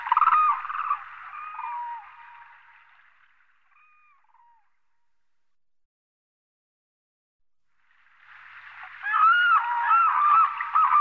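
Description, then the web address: Demoiselle crane calls: overlapping rolling trumpets fading out, a few isolated notes, several seconds of silence, then a loud renewed chorus of croaking calls. "anthropoides virgo"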